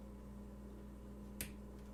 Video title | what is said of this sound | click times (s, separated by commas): [FreeNAS Build] Part 6: Fans and Follow-Up | like I went in there I heard a click so I just | 1.4 s